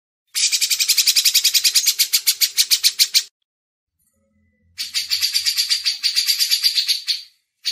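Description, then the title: Grey-cheeked bulbul calling in rasping, rapidly pulsed chatter bursts separated by over a second of silence. Masteran training audio. "MASTERAN CUCAK JENGGOT"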